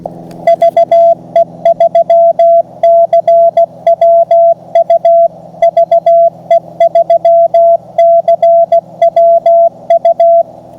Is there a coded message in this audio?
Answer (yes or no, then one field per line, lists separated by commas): yes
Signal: Morse code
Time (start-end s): 0.5-10.4 s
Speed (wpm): 16 wpm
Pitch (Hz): 680 Hz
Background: music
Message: VE3CWU VE3CWU